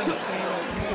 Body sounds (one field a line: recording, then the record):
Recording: coughing mixed with background sound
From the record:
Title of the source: 64 coughing, allergies, singing lungs